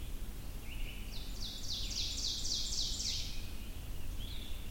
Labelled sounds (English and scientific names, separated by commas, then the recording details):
Ovenbird (Seiurus aurocapilla) song
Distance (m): 30 m
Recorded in boreal forest in Alberta, Canada, on 22 June 2016 at 05:03
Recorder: SongMeter 3, array SBT-6-76
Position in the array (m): 150 m, 114 m
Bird 3